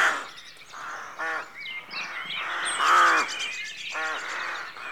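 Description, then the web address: Rooks giving grating caws, including a loud drawn-out caw near the middle and several shorter ones, with twittering songbirds around them. Rookery at dawn; rural outdoor atmosphere. "The BBC Sound Effects Library. Rookery Dawn"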